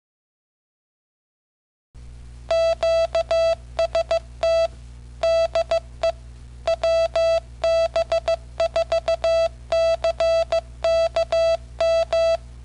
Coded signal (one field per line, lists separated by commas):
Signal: Morse code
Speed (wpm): 15 wpm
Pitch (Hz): 660 Hz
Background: none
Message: QST DE WB4CKM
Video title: M6800 Microcomputer Sending Morse Code